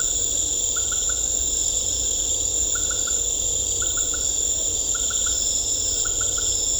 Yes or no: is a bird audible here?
no